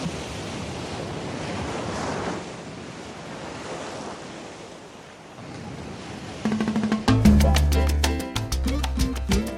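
Ocean waves wash in a steady, hissing roar that swells and recedes for several seconds, then music enters over them with punchy rhythmic percussion and a deep bass line.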